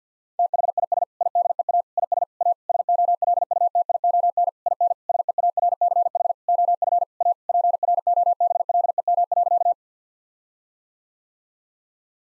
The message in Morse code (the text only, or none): THIS IDEA IS A SOLUTION IN SEARCH OF A PROBLEM.